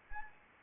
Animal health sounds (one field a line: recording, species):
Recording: mosquito wingbeat signal from an infrared sensor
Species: Anopheles arabiensis